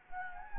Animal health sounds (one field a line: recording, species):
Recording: mosquito wingbeat signal from an infrared sensor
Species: Anopheles gambiae